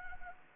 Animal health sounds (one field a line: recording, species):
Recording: mosquito wingbeat signal from an infrared sensor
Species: Anopheles gambiae